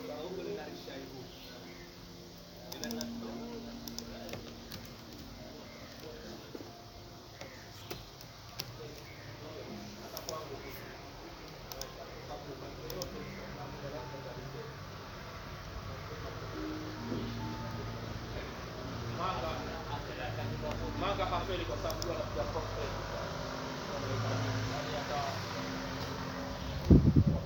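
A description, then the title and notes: Morning chatter in a restaurant, with overlapping voices, clinking dishes and low steady hum, growing slightly busier, ending with a sharp clatter. Mornings at Oleza Restaurant.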